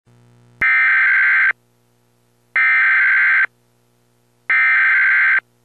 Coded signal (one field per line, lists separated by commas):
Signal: Emergency Alert System (SAME) tones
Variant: header bursts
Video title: EAS tornado warning isssued for WARE&BRANTLEY county GA.